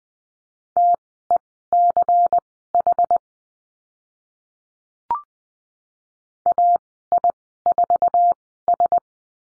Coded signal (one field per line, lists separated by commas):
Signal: Morse code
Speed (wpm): 20 wpm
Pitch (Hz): 700 Hz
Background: none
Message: TECH AI4S